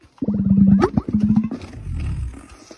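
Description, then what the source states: Dromedary camel gurgle: a burst of fast, low, throaty pulses with a buzzing tone, then a softer, rumbling exhalation fading out. Gurgling call of male dromedaries, made by filling an inflatable mouth organ called a dulla with air; used to attract a mate and assert dominance over nearby males.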